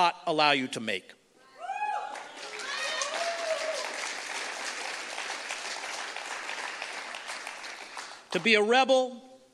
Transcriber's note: audience applause